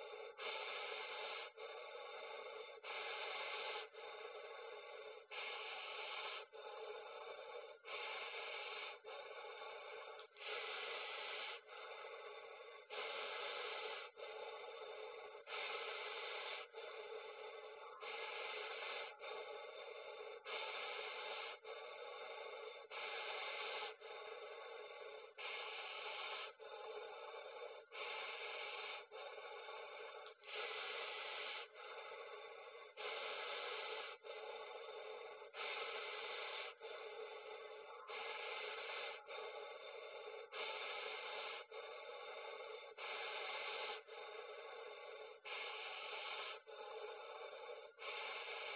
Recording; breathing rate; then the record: paced breathing near a phone; 24 breaths a minute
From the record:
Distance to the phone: 40 cm